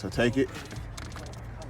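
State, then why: Not seated. Someone talks while handling the 90-degree hose quick-connect end at the rear port of a JLT V3.0 oil catch can on a 2015-2018 F150 3.5-liter. After the speech, only faint low background hum and a couple of small sharp ticks are heard. Nothing has seated or clicked yet.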